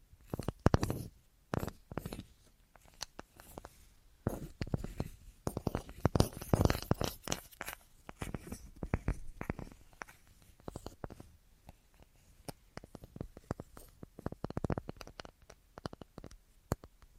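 An assortment of tapping sounds, dense and irregular clicks and knocks running throughout. Sharp hits come in quick clusters, busiest around six to seven seconds, with some thudding low taps mixed among brighter, crisp ones and only brief pauses between.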